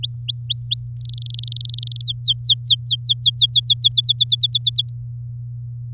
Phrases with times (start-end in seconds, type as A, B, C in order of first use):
0.03-0.88 A, 0.97-2.01 B, 2.02-3.88 C, 3.92-4.82 D